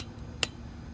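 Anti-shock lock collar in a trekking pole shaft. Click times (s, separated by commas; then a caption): 0.4 s. The anti-shock lock collar on the shaft of a collapsible, lightweight Aihoye trekking pole is turned to the left to lock out the anti-shock spring. A single sharp tick at 0.4 s stands out over a low background hum. The lock clicks into place.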